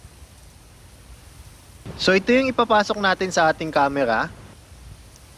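Someone talks while a media mod housing, whose USB Type-C plug goes into a GoPro Hero 9 action camera, is handled before being closed around the camera until it clicks so it is secure. Over low background hiss, only a faint brief tick is heard near 5.2 seconds. Nothing has seated or clicked yet.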